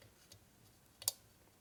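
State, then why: Seated. A wire wrist pin retaining clip is rotated all the way around into the groove of the piston pin boss on a 1965 Harley panhead 74 ci FLH engine piston. Faint ticks at about 0.3 s and 1.0 s lead to a sharp, bright pop at 1.1 s as the clip seats in the groove.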